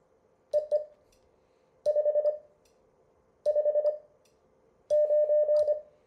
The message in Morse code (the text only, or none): EE 559